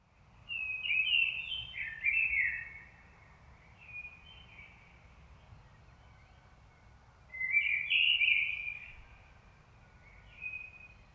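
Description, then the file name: Common blackbird singing: several warbled phrases separated by pauses, over a low steady rumble. "Turdus merula"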